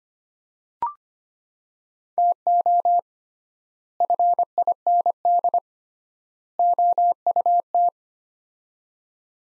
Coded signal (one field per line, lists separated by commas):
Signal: Morse code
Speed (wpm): 25 wpm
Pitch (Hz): 700 Hz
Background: none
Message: TO FIND OUT